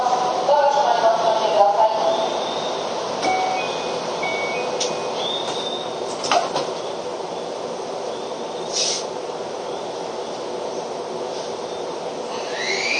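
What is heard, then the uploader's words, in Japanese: A Keio 5000 series train runs with a steady, dense rumble and hiss throughout. Brief tones and a voice-like murmur come in the first two seconds, sharp clicks near six and nine seconds, and a rising squeal at the end. 京王5000系 本八幡〜橋本。日中に運転が行われている都営新宿線 本八幡〜京王相模原線 橋本の運用を録音しました。都営新宿線は各停で京王線は区間急行となる。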